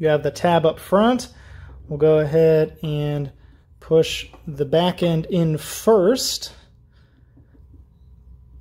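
An LED side marker/turn signal housing for a SAAB is positioned in the car's fender opening with its tab up front, and the back end is pushed in first while someone talks. The front end has not been pushed home yet, and nothing has clicked or seated yet; the clip ends in near silence.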